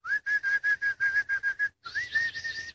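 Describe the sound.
A person whistles in imitation of bulbul birdsong: a quick series of about ten short, even high-pitched chirps, a brief pause, then a longer warbling whistled phrase that rises and wavers.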